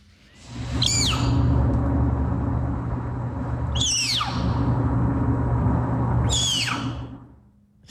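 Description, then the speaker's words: Snow leopard cub giving three sharp, high squeaks that drop steeply in pitch, spaced a few seconds apart, over a steady low hum. Captive snow leopard cub squeaking while being weighed by veterinarians at a zoo in St. Paul, Minnesota. "And you're about to hear a snow leopard cub while it's being weighed by veterinarians at the Como Park Zoo and Conservatory in St. Paul, Minnesota."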